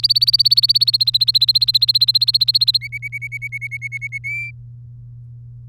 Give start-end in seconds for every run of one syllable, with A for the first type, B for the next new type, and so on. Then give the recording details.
0.00-2.77 A, 2.81-4.18 B, 4.24-4.51 C. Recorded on 3 May 2018 at 11:34. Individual llb3